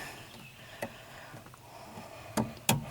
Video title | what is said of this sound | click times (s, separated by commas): DailyVlog1 - Fixing a Rough Idle on a Ford Ranger - Fixing Clutch Linkage on F150 - LS MT125 Tractor | this just snaps right in | 2.7 s